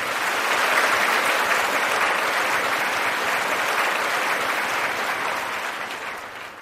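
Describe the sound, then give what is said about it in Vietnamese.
A crowd at a Buddhist event applauds to welcome a Buddhist lay follower, a dense wash of many hands clapping at a strong, even level that holds for several seconds before easing slightly toward the end. “Bây giờ Đạo Phật xin quý vị hãy cho một tràng pháo tay thật lớn để chào đón Phật tử”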